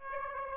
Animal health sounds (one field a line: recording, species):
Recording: mosquito wingbeat signal from an infrared sensor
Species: Aedes aegypti